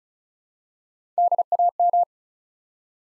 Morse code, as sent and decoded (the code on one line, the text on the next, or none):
-.. .- --
DAM